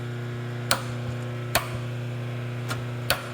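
Turning the slip clutch on the drive chain of a Rosback 250C / 318 3-knife trimmer with Cuefeeder produces sharp clicks at 0.7, 1.6 and 3.1 seconds over a steady low hum. Each click is the clutch seating into a set detent mark and stopping there. The clutch is there so that if books jam up, the drive slips instead of a fixed chain continuing to drive and grind.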